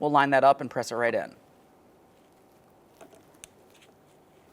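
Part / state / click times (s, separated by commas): door speaker wire connector into speaker socket / seated / 3.4 s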